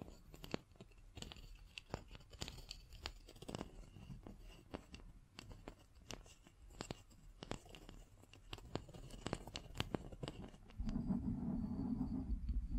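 Scratching and tapping sounds, made up of sharp, irregular clicks and scrapes that come several times a second for about eleven seconds. Near the end, a louder, steady low rumble with a faint wavering tone sets in and continues to the close.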